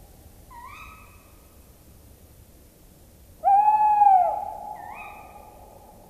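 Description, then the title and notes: Tawny owl: a faint note, a pause of about three seconds, then one loud sustained hoot followed by a short fainter note. Nests in cavities or nest boxes; varied deciduous woods in farmland suit it; good hunting terrain can decide the nest site. "Viikon luontoääni: Lehtopöllö. Juha Laaksonen"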